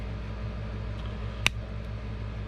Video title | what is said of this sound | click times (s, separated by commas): How to replace a 2016 Honda Civic 4 Button Remote Head Key Battery | gently squeeze you'll hear it pop snap whatever you want to call it | 1.5 s